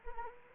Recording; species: mosquito wingbeat signal from an infrared sensor; Anopheles arabiensis